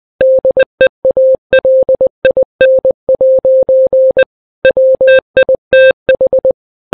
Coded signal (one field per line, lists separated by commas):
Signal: Morse code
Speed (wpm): 20 wpm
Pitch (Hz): 520 Hz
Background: none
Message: DEALIN' WITH